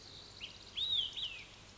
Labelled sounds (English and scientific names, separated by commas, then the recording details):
Olive-sided Flycatcher (Contopus cooperi)
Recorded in Sonoma County, California